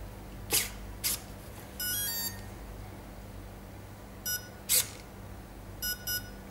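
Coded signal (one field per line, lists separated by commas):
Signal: beep code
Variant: RC brushless ESC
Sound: clicks, then short multi-pitch electronic beeps in a few groups, two short beeps last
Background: low hum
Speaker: yeah you hear two beeps after that push it down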